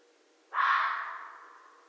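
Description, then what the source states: Red fox giving a single rasping, screechy call that bursts in abruptly and trails off slowly, nothing else audible. Recorded 13 January 2012.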